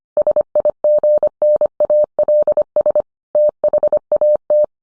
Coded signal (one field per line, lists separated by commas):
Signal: Morse code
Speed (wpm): 25 wpm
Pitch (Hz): 600 Hz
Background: none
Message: SIGNALS THAT